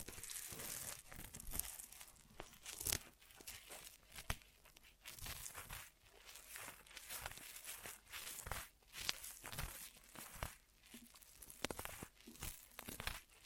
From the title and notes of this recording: ASMR Most Tingly Ear Massage Triggers for Sleep (No Talking).